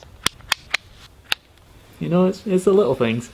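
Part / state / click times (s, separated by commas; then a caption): knife into its sheath / seated / 0.3 s, 0.5 s, 0.8 s, 1.3 s. A Sgian Dubh survival knife (Fandabi-Dubh) is pushed into its sheath several times in quick succession, and the blade snaps into the collar retention with sharp, bright clicks at 0.3, 0.5, 0.8 and 1.3 seconds; some of these hits may be removal sounds rather than insertions. The knife seats in the sheath, and then someone talks.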